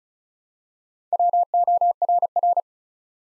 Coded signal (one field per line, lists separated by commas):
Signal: Morse code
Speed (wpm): 36 wpm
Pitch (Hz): 700 Hz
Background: none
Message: WORR